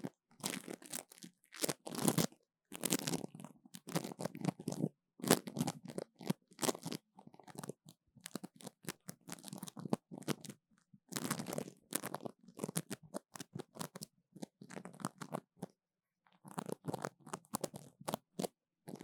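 Sticky sounds: crackling, crunchy peeling and tearing noises come in quick, irregular bursts, some drawn out and some short snaps. Brief silent gaps break the stream, with a longer pause near sixteen seconds, before the crinkly, papery crackle resumes.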